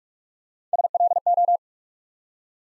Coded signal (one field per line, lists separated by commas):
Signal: Morse code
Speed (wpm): 44 wpm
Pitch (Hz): 700 Hz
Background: none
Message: SLO